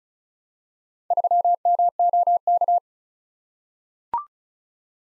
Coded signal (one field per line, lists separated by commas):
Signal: Morse code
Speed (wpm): 36 wpm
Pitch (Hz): 700 Hz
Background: none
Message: 3MOK